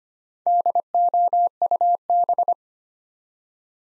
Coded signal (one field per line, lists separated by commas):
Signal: Morse code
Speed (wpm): 25 wpm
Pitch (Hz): 700 Hz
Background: none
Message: DOUB